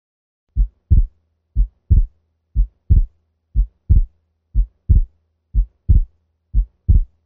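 Simulated heart sounds at 60 beats per minute with fixed splitting of the second heart sound; the degree of splitting is not affected by respiration. May be heard in patients with atrial septal defect.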